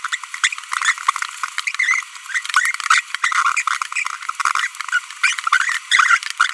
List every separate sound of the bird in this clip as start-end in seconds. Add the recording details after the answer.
0.05-0.06, 0.12-0.15, 0.44-0.48, 0.82-0.92, 1.79-2.03, 2.32-2.39, 3.24-3.28, 5.24-5.34, 5.91-6.17. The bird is a female. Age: 25 days. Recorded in a nest box in Venezuela. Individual 17B42B1